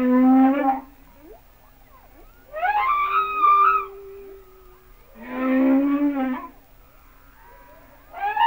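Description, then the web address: Humpback whale song: low harmonic moans alternating with higher wavering whistled cries, with faint clicks and sweeps in the pauses. "Natures Songs Whale Songs Sounds of Nature - Humpback Whales"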